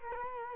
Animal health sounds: mosquito wingbeat signal from an infrared sensor; Culex quinquefasciatus

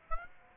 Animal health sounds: mosquito wingbeat signal from an infrared sensor; Aedes aegypti

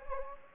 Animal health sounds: mosquito wingbeat signal from an infrared sensor; Anopheles gambiae

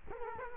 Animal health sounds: mosquito wingbeat signal from an infrared sensor; Culex quinquefasciatus

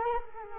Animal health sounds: mosquito wingbeat signal from an infrared sensor; Culex quinquefasciatus

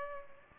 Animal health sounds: mosquito wingbeat signal from an infrared sensor; Culex pipiens

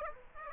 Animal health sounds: mosquito wingbeat signal from an infrared sensor; Aedes aegypti

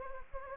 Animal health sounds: mosquito wingbeat signal from an infrared sensor; Anopheles gambiae

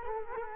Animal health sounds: mosquito wingbeat signal from an infrared sensor; Culex quinquefasciatus

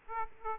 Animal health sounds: mosquito wingbeat signal from an infrared sensor; Aedes aegypti

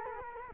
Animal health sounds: mosquito wingbeat signal from an infrared sensor; Culex quinquefasciatus

